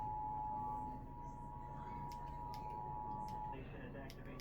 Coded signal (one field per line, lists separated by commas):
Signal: Emergency Alert System (SAME) tones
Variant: 853 and 960 Hz attention tone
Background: speech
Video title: eas svr Eas#298- 299)